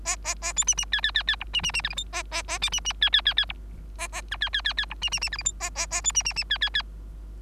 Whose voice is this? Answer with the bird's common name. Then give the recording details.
Bengalese Finch. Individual Bird3